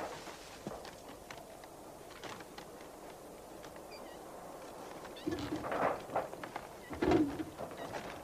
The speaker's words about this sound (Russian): Подходит к каморке под теплотрассой, отодвигает подобие двери, заходит вовнутрь.